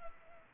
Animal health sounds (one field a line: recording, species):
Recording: mosquito wingbeat signal from an infrared sensor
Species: Culex pipiens